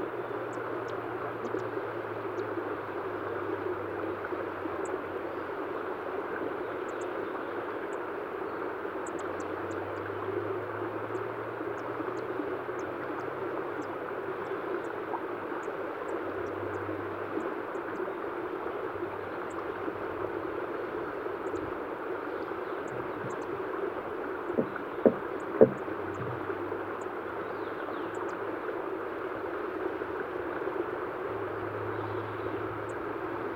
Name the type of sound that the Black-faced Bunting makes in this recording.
call